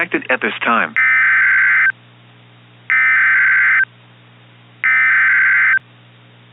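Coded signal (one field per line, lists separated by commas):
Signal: Emergency Alert System (SAME) tones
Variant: header bursts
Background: speech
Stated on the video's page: Fictional EAS scenario with genuine, valid EAS SAME tones capable of triggering real activations.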